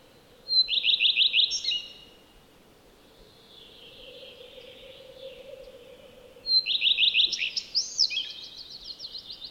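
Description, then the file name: Common redstart song, two phrases about six seconds apart, each a high opening note and a quick run of repeated notes, the second ending in a longer varied twitter, over a steady faint hum. "Lepplintu Redstart"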